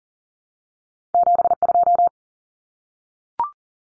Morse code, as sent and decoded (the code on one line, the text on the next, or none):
--... ..---
72